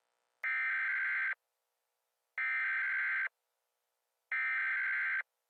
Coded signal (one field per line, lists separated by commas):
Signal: Emergency Alert System (SAME) tones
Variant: header bursts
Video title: EAS Scenario: The Malibu Prison Break